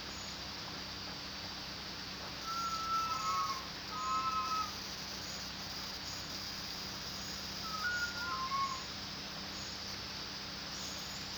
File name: long tailed macaque